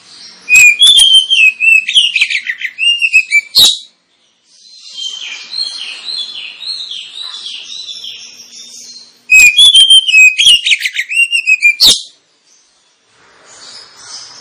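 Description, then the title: Oriental magpie-robin delivering two loud bouts of fast varied whistles and harsh clicks, each about three seconds long, with faint chatter between them. Kacer lure recording intended to provoke kacer birds into fighting song; singing described as ngotot, full tembakan, ngeplong and gacor. "Kacer Langsung Tarung Konslet KACER NGOTOT FULL TEMBAKAN. Kacer dimana SAJA Bakalan NGEPLONG GACOR dengan Pancingan Kacer ini"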